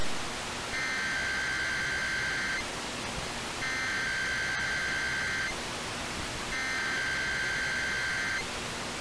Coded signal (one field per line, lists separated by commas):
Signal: Emergency Alert System (SAME) tones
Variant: header bursts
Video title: 10-9-18 Denver Required Monthly Tests (EAS #260 - #263)